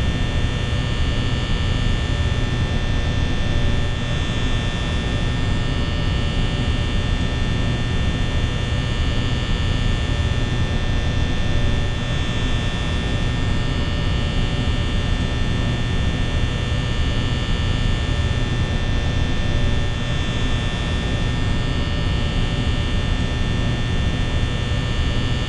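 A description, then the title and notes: Office room tone of lights and a fan: a steady, dense electrical hum with a low rumble and fixed whining tones, unchanging throughout. Office Ambience (Lights & Fan) [Extended] - FNAF 1.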